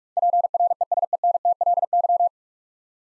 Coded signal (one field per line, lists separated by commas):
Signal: Morse code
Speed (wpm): 44 wpm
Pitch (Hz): 700 Hz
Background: none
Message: PRESENTLY